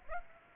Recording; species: mosquito wingbeat signal from an infrared sensor; Aedes aegypti